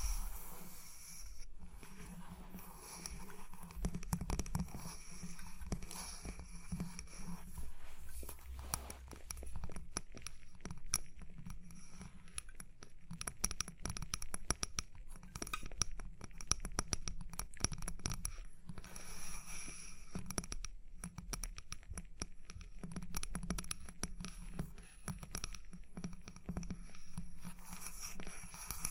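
Tapping and scratching sounds come in dense, irregular bursts of small clicks and clinks throughout, over a low steady hum with a faint high whine.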